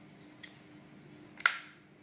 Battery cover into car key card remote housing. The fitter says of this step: அப்புறம் இதோட மூடியும் நீங்கள் வச்சு லாக் பண்ணிடணும்,